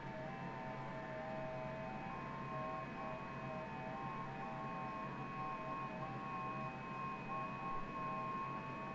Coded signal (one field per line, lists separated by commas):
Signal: FT8